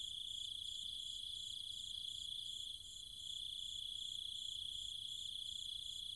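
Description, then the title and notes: Cicada drone: a steady high buzzing hum with a fainter pulsing buzz above it, about four pulses a second, dipping briefly in loudness near the middle. Recorded at night in trees and fields of the countryside around Chiang Mai, Thailand, with other insects calling alongside the cicadas. "Cicada countryside, Thailand. Nighttime sounds of the cicadas and insects in the trees and fields, Chiang Mai, Thailand. Recorded by Alex Boyesen"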